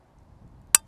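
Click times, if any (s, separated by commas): 0.8 s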